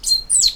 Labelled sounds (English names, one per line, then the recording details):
Stitchbird song
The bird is a male
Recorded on Tiritiri Matangi Island, New Zealand, in 2005
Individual 8, of nest box 10